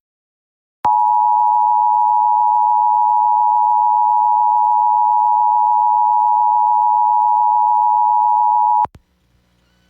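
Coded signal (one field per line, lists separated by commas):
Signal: Emergency Alert System (SAME) tones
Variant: 853 and 960 Hz attention tone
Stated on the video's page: Pennsylvania statewide EAS Required Monthly Test, received on radio, cable, streaming and TV stations.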